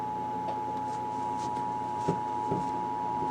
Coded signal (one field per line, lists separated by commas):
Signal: Emergency Alert System (SAME) tones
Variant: 853 and 960 Hz attention tone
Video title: IL RMT (EAS #578-580)